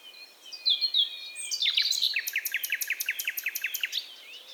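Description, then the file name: Common nightingale song: thin whistles swell into a loud rich phrase, then a long fast series of repeated down-slurred notes. "Luscinia megarhynchos"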